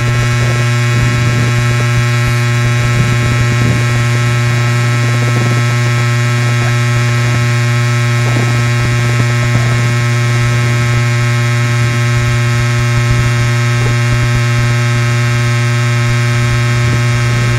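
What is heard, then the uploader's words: An old TV picture tube gives off a steady electrical hum with a strong low drone, layered tones, faint hiss and occasional soft crackles. Recordings of an old TV picture tube made by Dan Bodah in Northampton, Massachusetts with a contact mic.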